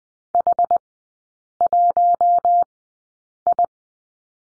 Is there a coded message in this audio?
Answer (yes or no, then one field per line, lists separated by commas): yes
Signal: Morse code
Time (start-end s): 0.3-3.7 s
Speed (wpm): 20 wpm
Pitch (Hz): 700 Hz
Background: none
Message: H1I